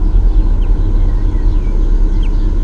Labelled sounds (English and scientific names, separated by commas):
Common Chaffinch (Fringilla coelebs)